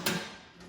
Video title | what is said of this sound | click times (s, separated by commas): Alternative Replacement Water Pans For 18.5" WSM Part 2 - Chris Allingham - The Virtual Weber Bullet | and it sort of snaps in place. It's really a very positive, | 0.1 s